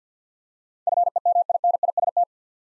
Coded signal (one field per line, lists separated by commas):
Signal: Morse code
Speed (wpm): 47 wpm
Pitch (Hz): 700 Hz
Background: none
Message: FEMINIST